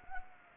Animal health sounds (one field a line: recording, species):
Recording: mosquito wingbeat signal from an infrared sensor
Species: Anopheles gambiae